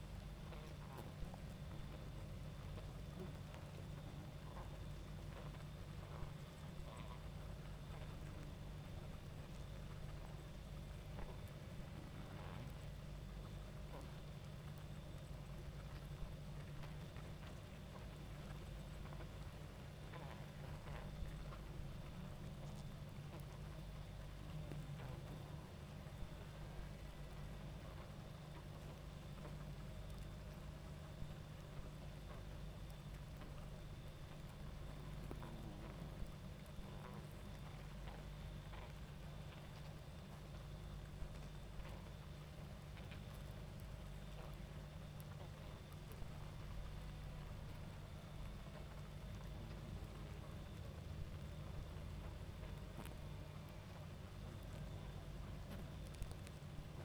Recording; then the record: honeybee colony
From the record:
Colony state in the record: active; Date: 28 July 2017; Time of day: 22:44